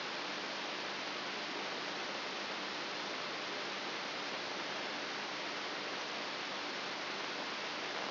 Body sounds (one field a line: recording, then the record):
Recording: brain microelectrode recording played as sound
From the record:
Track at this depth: inside the subthalamic nucleus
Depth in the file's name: 1.705 mm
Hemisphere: left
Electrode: 3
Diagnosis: Parkinson's disease